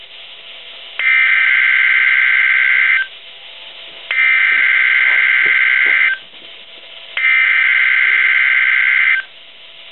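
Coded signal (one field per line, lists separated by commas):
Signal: Emergency Alert System (SAME) tones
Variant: header bursts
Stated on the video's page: Required Weekly Test of NOAA weather radio station WXJ-88.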